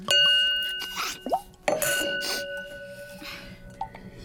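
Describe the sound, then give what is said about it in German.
A wine glass chimes with a clear, sustained ring while wine is poured in, splashing and gurgling in a few short bursts, with one bright clink partway through. “gib mir bitte ein Glas Wein.”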